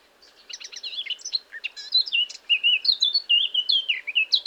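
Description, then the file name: Eurasian blackcap song that begins with soft, fast scratchy chatter and builds into a run of rich, loud fluted whistles that rise and fall. "Sylvia atricapilla"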